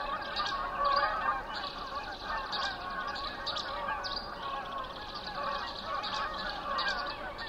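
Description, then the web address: Canada goose: canada geese honking as a continuous chorus of many overlapping calls, steady throughout, with some higher chirping mixed in. Recorded 19 May 2007 at 04:55. "ear jh 070519-0455 can-geese"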